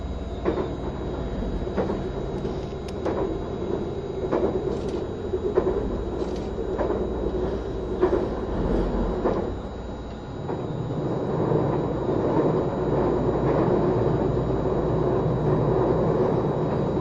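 A vehicle's running sound: a steady low rumble with a constant faint high whine. For the first ten seconds, sharp clacks recur about once a second, like wheels over rail joints. After a brief dip near ten seconds, the rumble grows fuller, louder and rougher.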